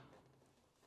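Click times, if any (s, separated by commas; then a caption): none. A Kenmore washer's plastic control console, with its bottom tabs slid into the holes in the top of the metal cabinet, is being handled before being pushed down until its clips lock, during work on the WP3979346 water valve. There is about a second of soft, steady low rumbling and rustling handling noise with no sharp impacts, fading slightly toward the end. Nothing has seated or clicked yet.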